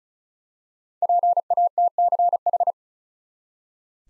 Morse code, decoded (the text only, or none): PATCH